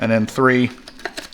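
Someone talks briefly as the third plastic harness connector is handled at the engine control module socket of a C8 Z06. After the speech come a few faint, light plastic taps and clicks around 1.0 to 1.3 seconds. The connector is not yet home, and nothing has seated or clicked yet.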